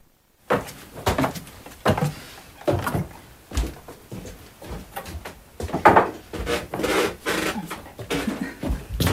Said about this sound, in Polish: Aha, i proszę zwrócić uwagę, jak pięknie może skrzypić stara podłoga. Już za chwilę ją Państwo usłyszą.